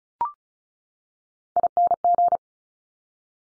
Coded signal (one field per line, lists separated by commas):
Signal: Morse code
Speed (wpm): 36 wpm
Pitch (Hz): 700 Hz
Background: none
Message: ING